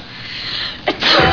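A single sneeze from an adult: a brief sharp intake near the start of the burst, then a loud explosive hissing release lasting a few tenths of a second over a quiet room background. An ordinary sneeze.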